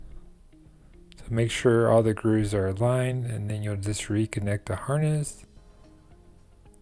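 A plastic Hall (rotor position) sensor, already hooked onto the back of an LG washing machine motor stator, is pressed forward at the top and clicks into place at 1.1 s. Someone then talks over faint background music, and a small tick is heard near the end.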